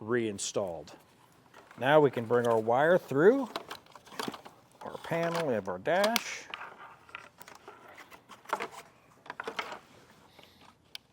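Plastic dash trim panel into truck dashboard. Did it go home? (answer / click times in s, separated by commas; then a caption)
yes / 9.4 s, 10.9 s. Someone talks while a plastic dash trim panel is pushed back onto the dashboard of a 2021 Ram 1500 truck after the wire for a Redarc Tow-Pro Liberty brake controller has been routed through it, with light handling rattles along the way. Its retaining clips snap into place with sharp clicks at 9.4 s and 11.0 s, seating the panel back in place.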